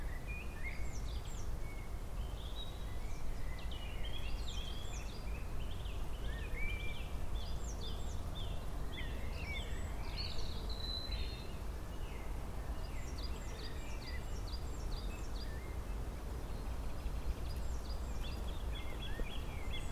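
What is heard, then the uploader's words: Spring birds chirp over a steady low rumble that runs the whole twenty seconds. Bright, quick calls and short trills come in overlapping bursts, thickest in the first half and again near the end, with several birds calling at once. Spring Bird Chirping. Recorded at Bad Fredeburg - Schmallenberg.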